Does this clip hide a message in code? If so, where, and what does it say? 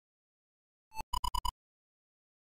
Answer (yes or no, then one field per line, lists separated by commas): no